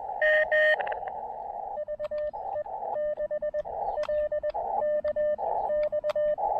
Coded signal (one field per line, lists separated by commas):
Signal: Morse code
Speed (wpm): 21 wpm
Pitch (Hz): 600 Hz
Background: radio noise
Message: M VE 6 L K X